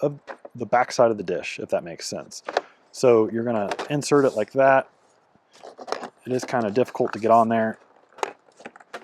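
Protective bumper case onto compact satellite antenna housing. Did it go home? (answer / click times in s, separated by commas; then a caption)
yes / 8.2 s, 8.9 s. A plastic protective bumper case, with a logo tab that goes on the top of the back side, is pushed onto the edge of a Starlink Mini compact satellite dish. Someone talks through most of the clip while fitting it on with some difficulty, and sharp snaps at 8.2 s and 8.9 s mark the case seating in place. The case locks on without obstructing the antenna portion of the dish.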